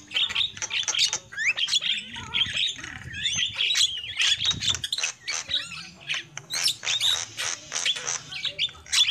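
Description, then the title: Lovebird calls, sharp high chirps and squeaky whistles in quick irregular series, with a low background hum. Lovebird lure call used for bird trapping. "PIKAT BURUNG LOVEBIRD"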